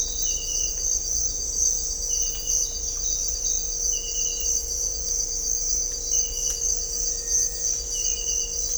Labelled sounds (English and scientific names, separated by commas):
none